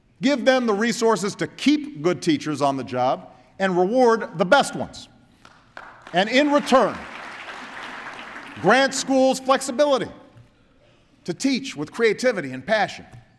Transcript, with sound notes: Give them the resources to keep good teachers on the job, and reward the best ones. (Applause.) And in return, grant schools flexibility: to teach with creativity and passion;